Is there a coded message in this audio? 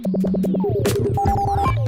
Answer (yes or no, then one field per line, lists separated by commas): no